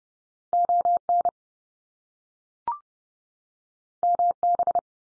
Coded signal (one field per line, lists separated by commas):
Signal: Morse code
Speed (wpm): 30 wpm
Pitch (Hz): 700 Hz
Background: none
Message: ON MB